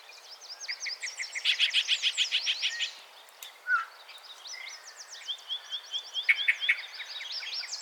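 Yellow-breasted chat song: a dense burst of harsh repeated notes, a single low whistle, then a string of even, softer notes, amid many faint high chirps.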